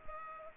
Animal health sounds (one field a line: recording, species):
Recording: mosquito wingbeat signal from an infrared sensor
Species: Culex pipiens